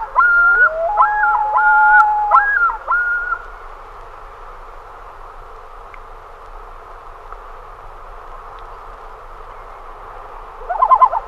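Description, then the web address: Common loon giving long whistled notes with looping, repeated higher phrases for about three seconds, then near silence before a brief burst of calling at the end. "great northern loon"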